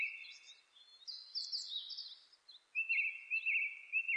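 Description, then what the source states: Japanese thrush song with a sustained whistled note, a jumbled high warble, then a loud series of clear repeated whistles. Recorded on 26 April 2006.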